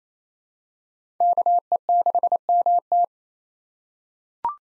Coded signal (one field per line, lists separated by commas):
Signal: Morse code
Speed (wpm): 28 wpm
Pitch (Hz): 700 Hz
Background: none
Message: KE6MT